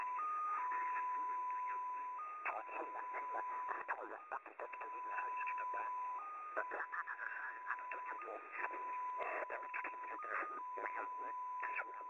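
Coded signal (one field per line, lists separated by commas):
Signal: multi-tone FSK (Olivia or MFSK type)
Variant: XPA2 14-tone MFSK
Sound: a pure tone that holds and then hops between a few pitches, under noisy static and chatter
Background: radio static, voice interference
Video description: XPA2 is a digital mode of the Russian 7 operator. It utilizes a custom 14-tone MFSK system.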